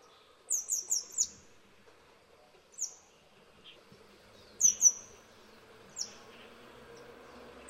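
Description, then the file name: Grey wagtail calls: a quick burst of four sharp, high chips, then scattered single and paired notes spaced a second or more apart, with soft background hum. "灰鶺鴒"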